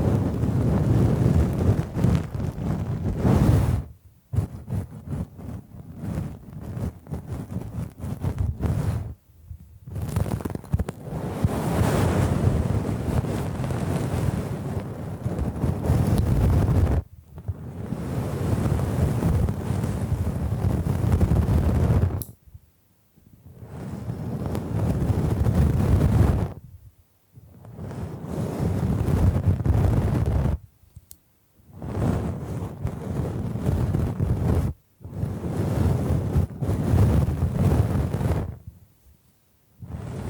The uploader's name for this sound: Bamboo Tapping, Scratching and Brushing Sounds